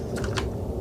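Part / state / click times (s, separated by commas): printer cable plug into the rear socket of a 3D printer / not seated / none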